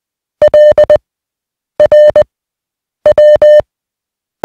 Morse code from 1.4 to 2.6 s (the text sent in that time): R